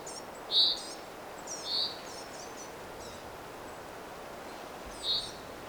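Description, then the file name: Common chaffinch giving three clipped, high call notes at uneven gaps, the first the loudest, against a low steady hiss. "Fringilla coelebs"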